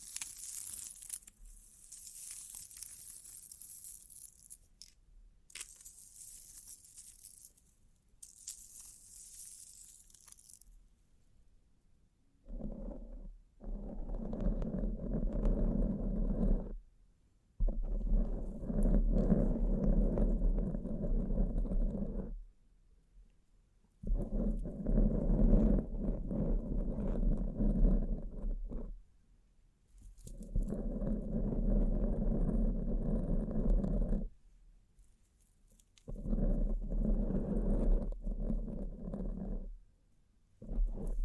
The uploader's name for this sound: Bling Bling Triggers